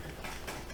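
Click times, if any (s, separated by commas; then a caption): none. An M.2 SSD is handled at the motherboard's M.2 slot, giving a soft, continuous mechanical rustle with faint ratchet-like texture and no sharp transients. Nothing has seated or clicked yet.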